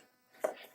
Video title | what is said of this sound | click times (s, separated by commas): How To Change John Deere S130 Filter | and then it pulls itself down and locks into place | 0.4 s